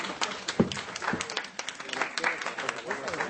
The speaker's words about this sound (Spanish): Un aplauso, por favor.